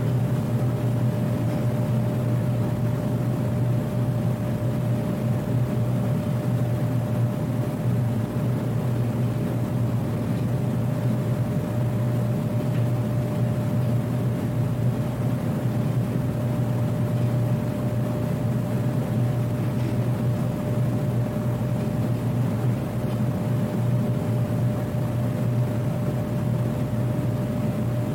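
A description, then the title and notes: An office fan runs steadily for the whole clip, a dense low drone with a faint thin whine held above it. The level never changes, with no distinct events, just an even, rumbling hum throughout. Fan Office Sound Effects.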